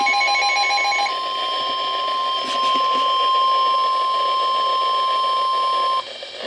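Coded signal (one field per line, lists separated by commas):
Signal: Emergency Alert System (SAME) tones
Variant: 1050 Hz attention tone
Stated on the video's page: NOAA Weather Radio flash flood warnings.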